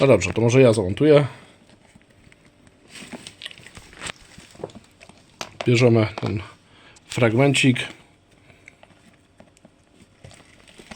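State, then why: Seated. A small fin piece is inserted into the plastic fin box of a FunWater KOI Feat-R-Lite inflatable paddle board (350 cm, 3 fins) and pressed down until it locks. Someone talks in bursts, with light handling crackles around 3.3–3.5 s. A sharp click at 8.7 s marks the fin seating in the box.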